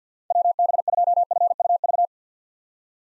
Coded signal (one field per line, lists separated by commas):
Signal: Morse code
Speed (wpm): 50 wpm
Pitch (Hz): 700 Hz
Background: none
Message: WB2FUV